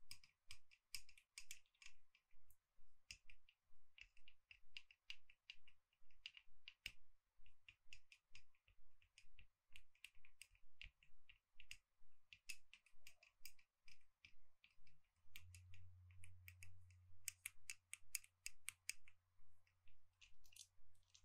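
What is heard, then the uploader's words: Gentle tapping: a steady stream of light, crisp clicks, a few per second with little pause between them. The taps are bright and snappy, like fingertips on a hard surface. Around the fifteen-second mark a low hum comes in and lingers. ASMR Gentle Tapping to Help You Sleep (No Talking).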